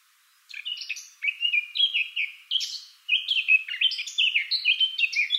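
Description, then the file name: Eurasian blackcap song, a lively stream of clear whistles and warbles broken by short pauses. "Sylvia atricapilla"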